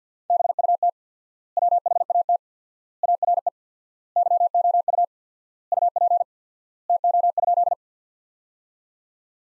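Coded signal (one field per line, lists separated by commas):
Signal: Morse code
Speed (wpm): 49 wpm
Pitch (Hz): 700 Hz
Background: none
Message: BUT WHAT ARE YOU UP TO?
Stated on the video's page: Practice sentences built from the top 100 words, sent at 50 wpm with 4x standard word spacing, a word-level Farnsworth-style approach.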